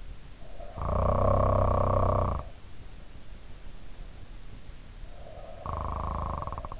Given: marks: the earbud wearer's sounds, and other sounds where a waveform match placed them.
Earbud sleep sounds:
sounds in sleep by an in-ear microphone; snoring breath
0.54-2.57 s: snoring breath
5.15-6.80 s: snoring breath

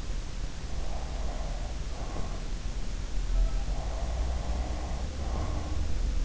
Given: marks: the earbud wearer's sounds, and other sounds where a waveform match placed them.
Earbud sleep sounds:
sounds in sleep by an in-ear microphone; breath
0.63-2.77 s: breath
3.74-6.07 s: breath

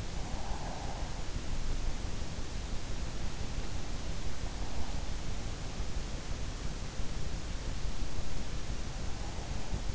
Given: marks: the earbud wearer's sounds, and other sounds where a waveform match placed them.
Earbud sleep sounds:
sounds in sleep by an in-ear microphone; breath
0.00-1.48 s: breath

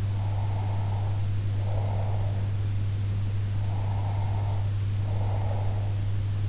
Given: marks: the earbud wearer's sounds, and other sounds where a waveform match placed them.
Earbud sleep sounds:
sounds in sleep by an in-ear microphone; breath
0.04-2.39 s: breath
3.67-5.93 s: breath

